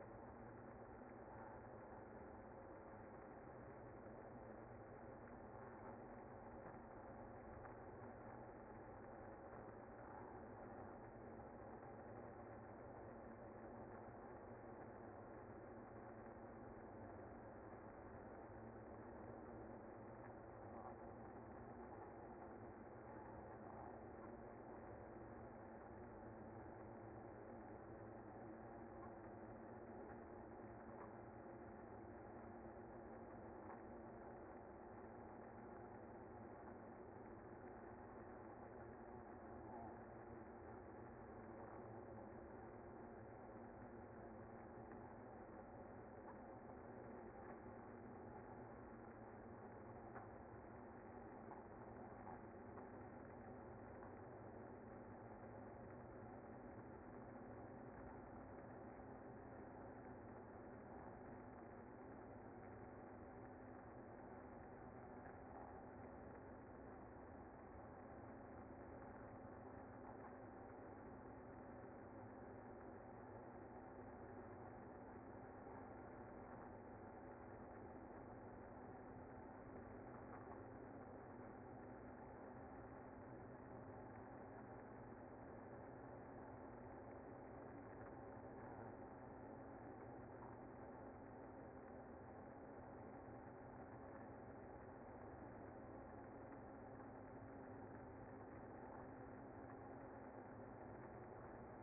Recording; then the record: honeybee colony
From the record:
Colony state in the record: active